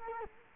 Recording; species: mosquito wingbeat signal from an infrared sensor; Culex quinquefasciatus